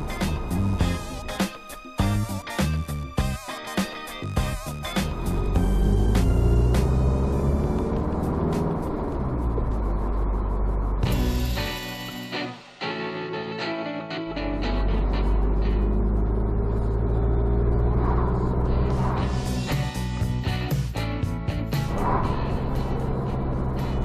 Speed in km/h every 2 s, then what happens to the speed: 13, 16, 16, 24, 35, 35, 34, 34, 38, 48, 50, 48.
0-8 speeds up to 35. 8-14 steady at about 34. 14-19 speeds up to 50.